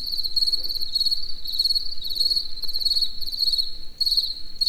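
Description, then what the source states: Cricket giving shrill pulsed chirps in quick repeated groups, with low background noise. Cricket in nature in the evening near the Eger tourist house.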